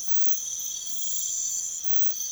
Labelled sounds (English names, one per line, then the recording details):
none
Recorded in pastures near Puerto Asís, Putumayo, Colombia, on 28 February 2025 at 03:30
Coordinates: 0.505, -76.324
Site GP08